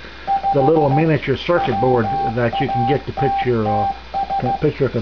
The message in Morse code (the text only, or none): 5 WATTS